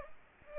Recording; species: mosquito wingbeat signal from an infrared sensor; Aedes aegypti